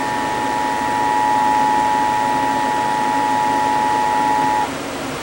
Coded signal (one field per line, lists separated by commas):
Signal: Emergency Alert System (SAME) tones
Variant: 853 and 960 Hz attention tone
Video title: How About A Little More?? | EAS Alerts From 5/14/2023 (EAS #2,068-2,104)